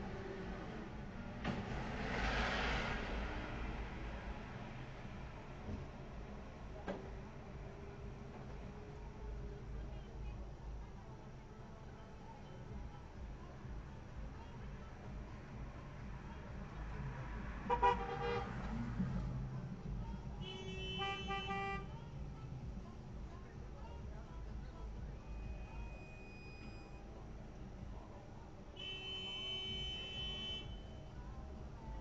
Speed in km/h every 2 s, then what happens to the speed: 1, 5, 0, 0, 0, 0, 0, 0, 0, 0, 0, 0, 0, 0, 0, 0.
4-32 standing.